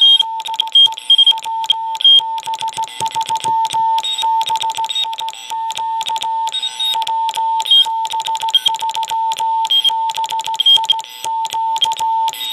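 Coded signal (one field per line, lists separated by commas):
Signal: Morse code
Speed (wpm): 16 wpm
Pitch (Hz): 900 Hz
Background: none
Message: DE WB3BIQ WB3BIQ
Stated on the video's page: Pixie II two-transistor QRP transceiver, about 1/4 watt or less on CW, crisp pure note, in a Tic-Tac mint box, battery powered.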